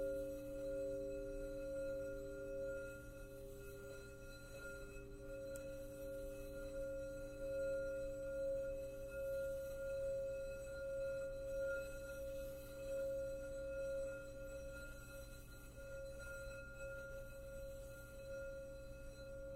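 A crystal singing bowl rings with a steady, unbroken tone, a strong clear pitch near 550 plus higher overtones, over a faint low hum.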